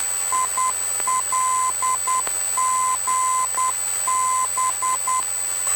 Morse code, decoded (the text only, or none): ILGB